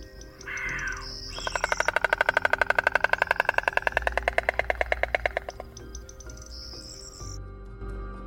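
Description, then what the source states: White Stork bill clattering, a long rapid wooden rattle that swells and then fades over about four seconds, with brief high whistles before and after. Breeding partners greet each other with bill clattering while throwing their heads back to touch their backs; breeding season begins in March after the migrating partners return.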